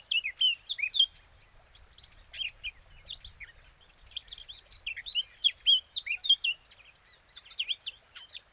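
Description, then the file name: Eurasian blackcap song, a loud, rapid warble of mixed fluty whistles and sharp chips in several bursts separated by short gaps. "Sylvia atricapilla"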